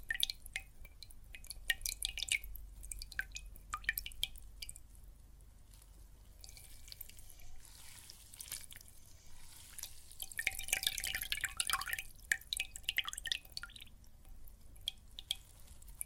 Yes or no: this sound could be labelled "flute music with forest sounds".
no